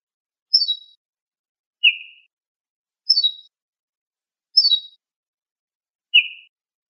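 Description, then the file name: Ortolan bunting giving spaced single notes: short high notes sliding downward mixed with lower, slightly rough notes, roughly one every second and a half, in otherwise quiet surroundings. "suara kicauan ortolan"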